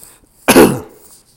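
A single short, dry, rasping cough from an adult man, lasting under half a second, that sounds much like clearing the throat or dislodging something stuck in it. It is a deliberate re-creation of a lingering dry cough that persisted while recovering from COVID.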